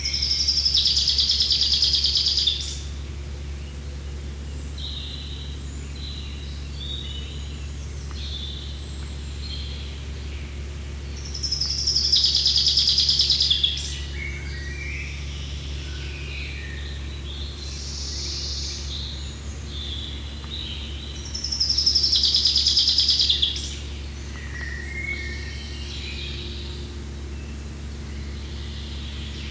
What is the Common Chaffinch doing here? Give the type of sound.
song